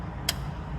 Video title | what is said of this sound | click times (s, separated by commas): 2025 Tacoma TRD w/Cargo Mgt System - Gator EFX Tonneau Cover Install | So I suggest you put the clamps in. You'll hear them click when they go in. | 0.3 s